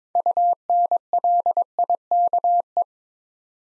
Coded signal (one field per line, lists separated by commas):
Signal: Morse code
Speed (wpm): 22 wpm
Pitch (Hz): 700 Hz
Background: none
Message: UNLIKE